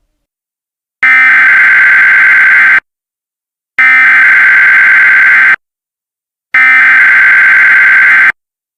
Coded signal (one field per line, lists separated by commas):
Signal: Emergency Alert System (SAME) tones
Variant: header bursts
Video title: Ultimate || EAS Scenario || VALID TONES